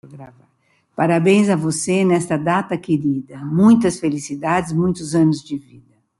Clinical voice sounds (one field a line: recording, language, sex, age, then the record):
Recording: short text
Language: Brazilian Portuguese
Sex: female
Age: 70 to 79 years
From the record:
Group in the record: control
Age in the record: 74 years